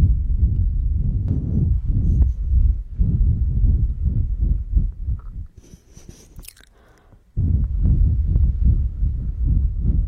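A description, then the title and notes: Heavy, rapid breathing in low rough pulses, dropping to near silence around six to seven seconds with faint clicks, then resuming strongly. The sound of breathing and gasping.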